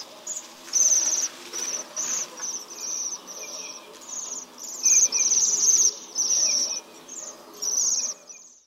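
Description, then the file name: Bohemian waxwing calls: high, thin, buzzy trills, each lasting about half a second, given repeatedly with short gaps. "JEMIOŁUSZKA"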